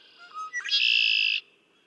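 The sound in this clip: Red-winged blackbird song: a few soft whistled introductory notes lead into a long, loud, rasping buzzy trill, then silence.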